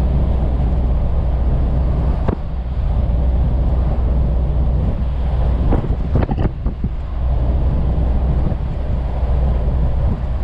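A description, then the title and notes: A truck cab with a heavy, steady engine rumble that stays low and constant throughout. Short knocks and rattles break through, a single sharp one near two seconds and a quick cluster of clicks between about five and a half and seven seconds. Truck driver sound.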